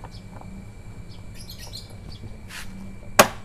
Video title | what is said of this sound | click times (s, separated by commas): Pasang Bracket Dan Top Box Givi E43 NTL Di Honda Genio 110 | pas ini sudah mengunci | 3.2 s